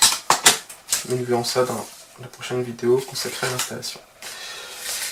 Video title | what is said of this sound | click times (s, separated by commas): UNBOXING Capteurs AEOTEC génération 6 : Multisensor, Door/Window sensor, WaterSensor et la sirène | se positionner, se clipser dessus. | 0.3 s, 0.5 s